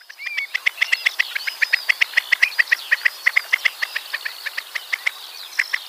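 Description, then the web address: Avocet giving a rapid run of short piping notes, several per second, over a busy backdrop of other high bird calls and steady hiss. "Schulze Peter Avocet"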